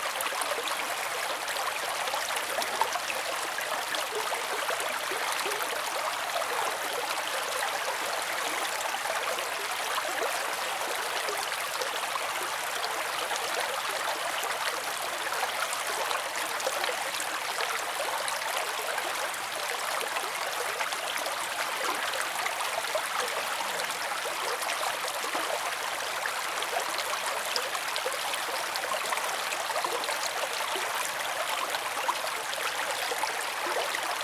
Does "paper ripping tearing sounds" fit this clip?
no